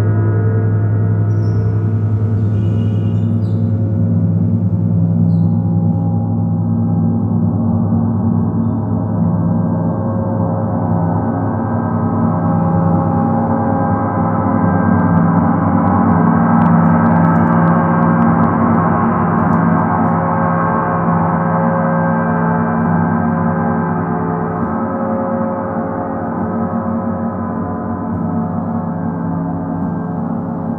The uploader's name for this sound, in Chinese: 銅鑼練習Gong